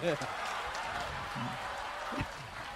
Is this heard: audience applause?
yes